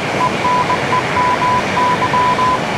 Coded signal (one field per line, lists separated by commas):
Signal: Morse code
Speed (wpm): 20 wpm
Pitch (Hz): 1000 Hz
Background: none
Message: ENEMY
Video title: Battlefield 1 zeebrugge morsecode 1 | Shot with GeForce